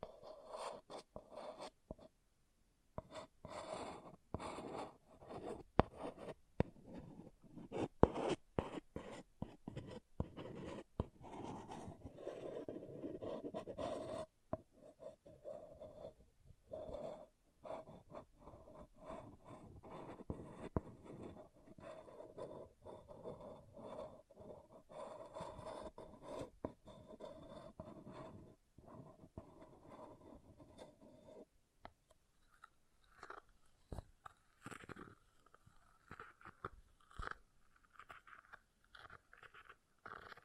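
An object being scratched in quick, irregular rasping strokes that run almost without pause for the whole forty seconds. Short breaks come near 3, 14 and 31 seconds. After the last break the scratching turns thinner and brighter, and it stays fairly soft throughout.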